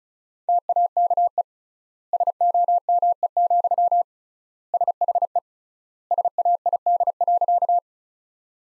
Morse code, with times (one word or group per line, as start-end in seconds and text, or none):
0.5-1.4 TAKE
2.1-4.0 SOME,
4.7-5.4 SHE
6.1-7.8 SAID.